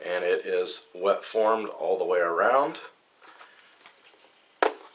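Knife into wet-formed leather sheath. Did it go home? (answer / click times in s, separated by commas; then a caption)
yes / 4.6 s. Someone talks, and then a knife blade is pushed into a thick 9–10 ounce veg-tan leather sheath that is wet-formed all the way around. After a quiet stretch, a sharp snap at 4.6 s marks the blade seating into the sheath's retention, where it holds securely and won't fall out.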